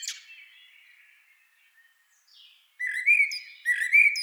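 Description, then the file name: Common blackbird with a faint, thin trailing note, then two loud squeaky, chattering phrases near the end. "Turdus merula"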